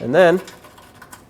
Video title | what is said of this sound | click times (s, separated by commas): How to Replace Front Bumper 2009-2014 Ford F-150 | as you can see it locks in place now we have to put everything back on the new bumper assembly | 1.0 s, 1.1 s